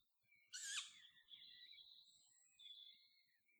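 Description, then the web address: Tawny owl producing one short, rasping, hissy screech, followed by thin, high songbird notes in the background. Recorded on 2 July 2014. "fagelljud 20140702 kattuggla"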